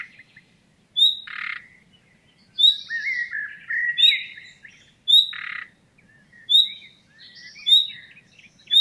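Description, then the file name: Common nightingale repeating short upward whistles, with coarse rasping croaks and some scratchy chattering between them. "Luscinia megarhynchos"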